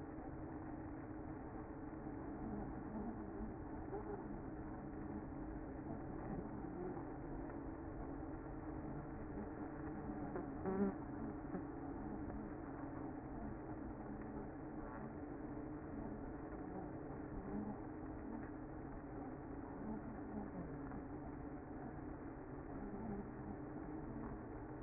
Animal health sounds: honeybee colony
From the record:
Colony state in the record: active

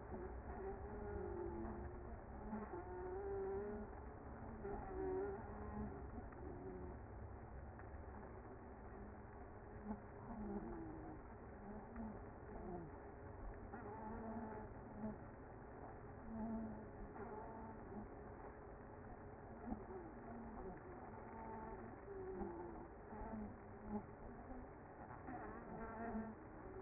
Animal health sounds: honeybee colony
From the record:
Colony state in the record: active

